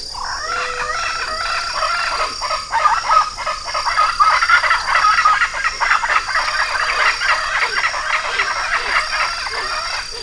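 Bird calling in a loud, continuous chatter of rapid harsh notes, with a steady high hiss behind.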